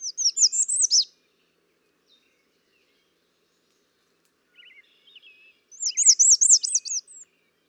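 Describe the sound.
American redstart singing two high zigzag phrases several seconds apart, with softer lower twittering notes between them.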